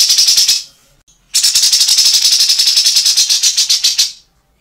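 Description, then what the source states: Grey-cheeked bulbul rattle: a harsh, buzzy rattling series, a short burst followed after a pause by a longer, steady rattle. Tutor sound for training captive songbirds.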